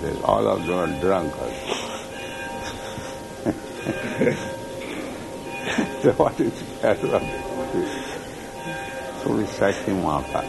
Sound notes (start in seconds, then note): 1.5 chuckles; 2.5 laughter